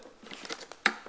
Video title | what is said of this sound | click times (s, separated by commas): HP Pavilion Gaming PC Case Swap TG01-0023W | and it will kind of pop into place and then you know it's incorrectly whenever it's like doing this | 0.9 s